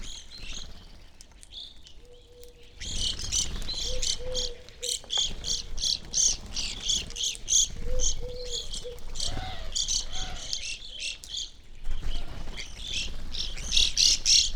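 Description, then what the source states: Evening grosbeak flock chirping, quiet at first, then a sudden burst of rapid, overlapping high calls with a brief lull near the end. Flock feeding on sunflower seeds at backyard feeder hanging from a birch, relatively warm winter morning, McCloud, Siskiyou County, California; microphones either side of the tree trunk.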